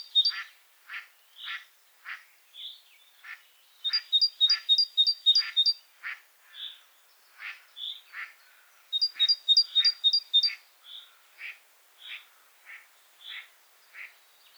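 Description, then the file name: Great tit alternating harsh, evenly spaced call notes with two quick bursts of high two-note song phrases. "Parus major"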